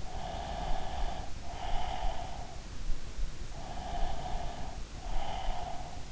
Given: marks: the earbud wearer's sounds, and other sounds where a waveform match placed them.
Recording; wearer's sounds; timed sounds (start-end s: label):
sounds in sleep by an in-ear microphone; breath
0.00-2.71 s: breath
3.58-6.03 s: breath